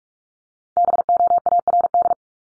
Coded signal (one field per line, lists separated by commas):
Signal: Morse code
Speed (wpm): 44 wpm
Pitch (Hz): 700 Hz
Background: none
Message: BOARD